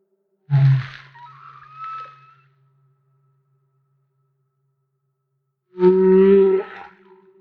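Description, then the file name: Humpback whale song: a low grunt followed by a faint rising whistle, a silent pause, then a strong harmonic moan. Recorded off Maui. "Humpback Whale - Maui Whale One"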